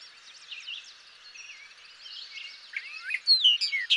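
Bobolink song: soft background babbling, then a louder burst of tinkling, slurred notes near the end.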